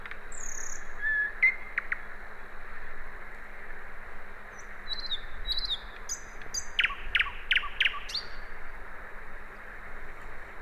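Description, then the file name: Common nightingale giving a few soft whistles early, then a burst of loud repeated notes in the second half, low hum in the background. "Luscinia megarhynchos"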